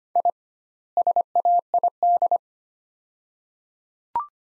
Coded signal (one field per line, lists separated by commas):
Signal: Morse code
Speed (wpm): 25 wpm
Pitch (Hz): 700 Hz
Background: none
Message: I SAID